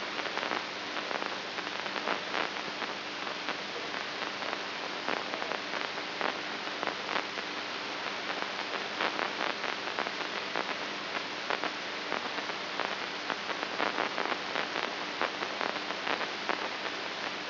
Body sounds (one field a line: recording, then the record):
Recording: brain microelectrode recording played as sound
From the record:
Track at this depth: outside the subthalamic nucleus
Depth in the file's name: 6.108 mm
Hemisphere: right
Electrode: 2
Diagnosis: Parkinson's disease